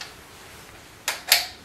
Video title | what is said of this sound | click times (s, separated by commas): 3D Scanning a Terracotta Sculpture with Creality Lizard | we go once you click it in you hear the noise that's a fan inside inside of it | 1.1 s, 1.3 s